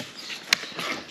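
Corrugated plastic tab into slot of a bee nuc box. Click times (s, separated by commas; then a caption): 0.5 s. The folded back panel of a corrugated-plastic (correx) bee nuc box has its tab pushed into its slot, and a single sharp click sounds at 0.5 s over soft handling noise. The tab seats into place.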